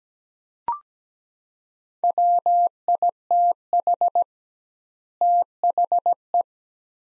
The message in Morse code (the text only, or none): WITH THE